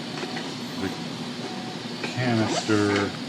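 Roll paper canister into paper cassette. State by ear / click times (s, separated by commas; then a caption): not seated / none. A roll-paper canister is handled while being loaded into the paper cassette of a camera system, to be pushed in until it clicks with the spline in the right position. Someone talks over a steady background hum. Nothing has seated or clicked yet.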